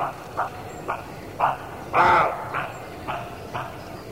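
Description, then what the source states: Roe deer bark series: short, gruff barks repeated roughly every half second, one longer and louder bark in the middle, the rest fainter. Male roe deer (roebuck).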